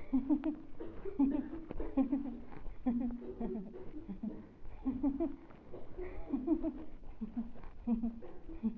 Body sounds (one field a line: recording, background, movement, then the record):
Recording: laughter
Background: a bystander coughing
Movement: walking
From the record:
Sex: female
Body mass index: 22.6 kg/m2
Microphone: on the chest, facing the body